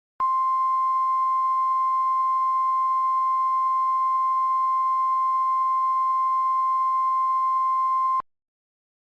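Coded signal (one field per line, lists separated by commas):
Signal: Emergency Alert System (SAME) tones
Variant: 1050 Hz attention tone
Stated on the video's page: Recreation of an EAS false evacuation alert with valid SAME tones, including an NWR-style segment.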